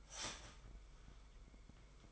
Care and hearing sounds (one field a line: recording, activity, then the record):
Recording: daily activity, microphone in the room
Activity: start toaster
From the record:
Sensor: 5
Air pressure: 990.9 hPa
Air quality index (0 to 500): 145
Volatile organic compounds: 127 ppm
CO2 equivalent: 3913 ppm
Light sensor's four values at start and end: 36/112/43/46 and 36/112/43/45